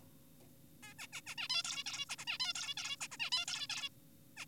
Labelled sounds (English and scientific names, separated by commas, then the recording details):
Zebra Finch (Taeniopygia guttata)
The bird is an adult
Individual g4p5U